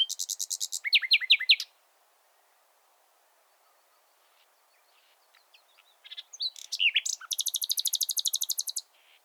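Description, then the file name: Common nightingale song: a quick phrase of high notes and swooping slurs, a long silence, then a very fast, high, rattling trill. "Luscinia megarhynchos"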